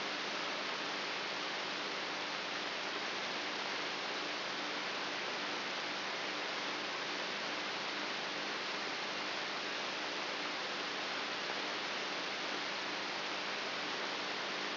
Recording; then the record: brain microelectrode recording played as sound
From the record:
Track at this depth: inside the subthalamic nucleus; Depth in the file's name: 3.64 mm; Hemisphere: right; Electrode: 3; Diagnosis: Parkinson's disease